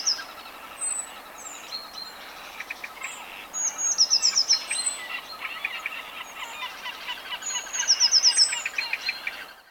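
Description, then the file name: Eurasian blue tit giving high, fast trilled runs of thin notes twice, about four seconds apart, over a busy background of chirps. "Cyanistes caeruleus"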